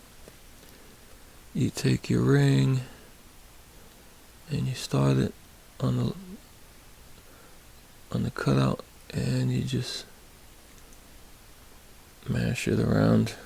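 A steel retaining snap ring is lined up and started on the cutout of the head of a vintage Easco 721107 3/8" drive ratchet, before it is worked home. Someone talks in short bursts over faint background noise. The ring has not seated or clicked yet.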